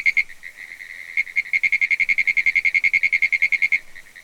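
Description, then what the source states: Pinewoods tree frog call, a quick series of sharp, high pulses that speed into a steady rattling run before stopping abruptly. Hyla femoralis; its call is described as very different from the preceding squirrel tree frog's call.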